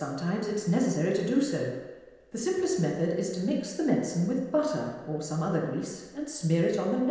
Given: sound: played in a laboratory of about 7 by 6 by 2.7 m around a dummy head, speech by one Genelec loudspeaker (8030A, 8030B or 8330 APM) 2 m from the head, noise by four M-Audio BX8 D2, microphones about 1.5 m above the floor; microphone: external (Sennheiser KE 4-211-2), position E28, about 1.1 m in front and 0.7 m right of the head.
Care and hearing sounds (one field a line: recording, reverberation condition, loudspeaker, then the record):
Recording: female speech in English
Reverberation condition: high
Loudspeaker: 60 degrees to the right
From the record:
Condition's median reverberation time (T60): about 1300 ms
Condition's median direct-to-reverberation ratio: about -4.0 dB